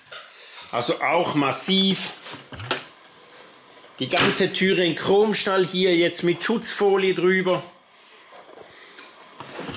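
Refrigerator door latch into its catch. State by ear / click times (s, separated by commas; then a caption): seated / 9.4 s. Someone talks about a 12/24 V WEMO 48F refrigerator whose stainless steel doors still have protective film on them. The door is then closed, and its solid door lock gives a sharp click at 9.4 s as the latch seats in its catch. The fridge is shut.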